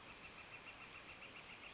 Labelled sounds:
Northern Flicker
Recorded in Sonoma County, California

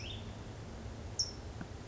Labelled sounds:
California Towhee
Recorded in Sonoma County, California

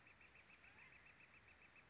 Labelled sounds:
Northern Flicker
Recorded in Sonoma County, California

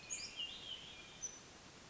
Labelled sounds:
Hermit Thrush
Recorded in Sonoma County, California

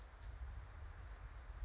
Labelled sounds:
California Towhee
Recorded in Sonoma County, California

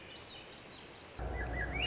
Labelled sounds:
Swainson's Thrush
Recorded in Sonoma County, California

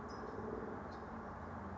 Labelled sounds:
California Towhee
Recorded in Sonoma County, California

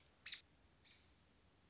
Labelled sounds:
American Robin
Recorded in Sonoma County, California

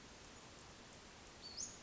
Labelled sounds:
Western Flycatcher
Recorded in Sonoma County, California

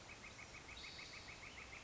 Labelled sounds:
Northern Flicker
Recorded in Sonoma County, California

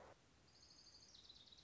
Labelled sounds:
Orange-crowned Warbler
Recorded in Sonoma County, California

